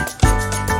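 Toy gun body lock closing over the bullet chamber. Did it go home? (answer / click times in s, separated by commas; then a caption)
no / none. Soft bullets have been loaded into a plastic toy gun, and the opened gun body is being closed over the bullet chamber to lock it. Music plays throughout, with a sudden low thump at about 0.2 s. The clip ends before the breech locks shut, so nothing has seated or clicked yet.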